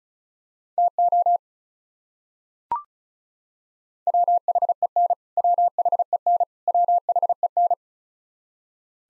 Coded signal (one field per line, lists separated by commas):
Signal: Morse code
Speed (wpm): 36 wpm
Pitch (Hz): 700 Hz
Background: none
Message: TO WHEN WHEN WHEN